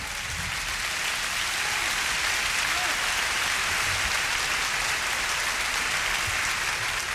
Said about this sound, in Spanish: aplauso